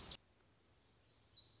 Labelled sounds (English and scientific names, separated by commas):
Black-throated Gray Warbler (Setophaga nigrescens)